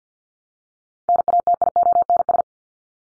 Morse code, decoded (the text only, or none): NATIONS